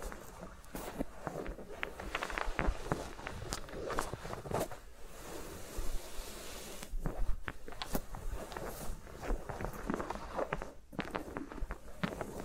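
Fingers move around microphones, making dense, uneven taps, rubs and crackly scratches, with brief lulls near five, seven and eleven seconds.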